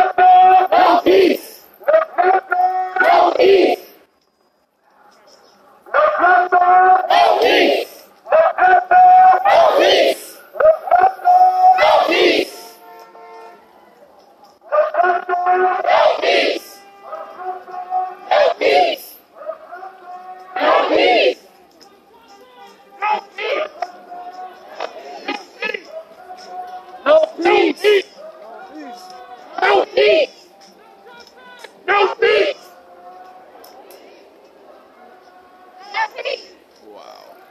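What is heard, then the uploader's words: A protest gathering, with speech coming in short bursts separated by brief pauses, like phrases called out one at a time. The voice is loud and forceful during each burst, and a low, constant murmur fills the gaps throughout the 38 seconds. Niagara Square Protest in Downtown Buffalo.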